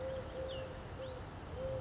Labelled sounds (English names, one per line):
Eurasian Collared Dove